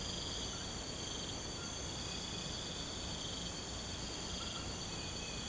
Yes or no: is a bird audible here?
no